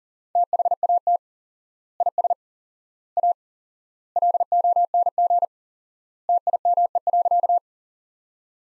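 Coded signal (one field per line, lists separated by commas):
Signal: Morse code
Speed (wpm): 40 wpm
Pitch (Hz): 700 Hz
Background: none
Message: THAT IS A LONG TIME.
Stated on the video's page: Morse practice sentences from the top 100 words at 40 wpm with 4x word spacing, a word-based approach analogous to Farnsworth.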